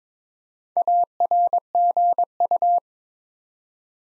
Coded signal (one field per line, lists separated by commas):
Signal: Morse code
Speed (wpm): 22 wpm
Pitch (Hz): 700 Hz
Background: none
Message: ARGU